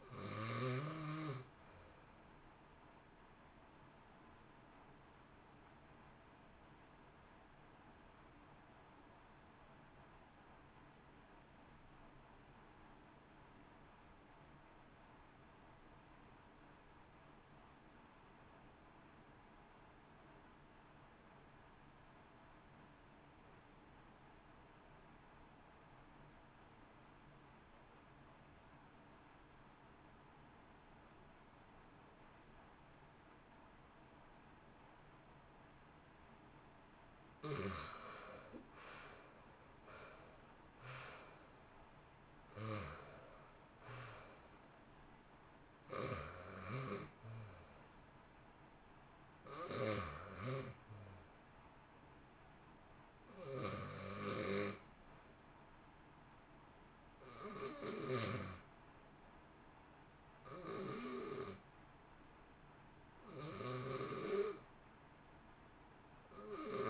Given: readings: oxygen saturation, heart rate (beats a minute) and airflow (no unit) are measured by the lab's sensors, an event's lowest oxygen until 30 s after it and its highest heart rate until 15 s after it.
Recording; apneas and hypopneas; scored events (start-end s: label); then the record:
breathing in sleep by a voice recorder at the bedside; 1
13.00-39.20 s: obstructive apnea (REM, oxygen 95% highest, then 80% lowest, heart rate 57 at the start, 75 highest)
From the record:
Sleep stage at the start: REM sleep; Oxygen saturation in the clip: 80 to 95%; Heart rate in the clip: 57 to 75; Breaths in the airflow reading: 15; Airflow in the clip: -1.7 to 2.2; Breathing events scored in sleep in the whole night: 328 in 6.3 hours asleep